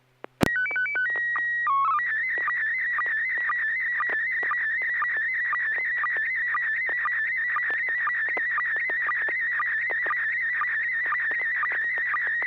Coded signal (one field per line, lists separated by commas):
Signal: SSTV (slow-scan television)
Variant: PD 120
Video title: N6NA SSTV Net - 09/11/2024